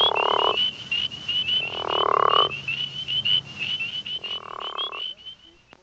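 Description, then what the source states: Frog croaking: three loud, rasping croaks about half a second to a second long, alongside a rapid series of high, short chirping notes repeated throughout. Frog of the family Ranidae.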